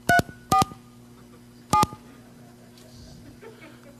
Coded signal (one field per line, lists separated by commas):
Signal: DTMF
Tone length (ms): 180 ms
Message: 347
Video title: HOPE Number Six: Phone Phreaking 101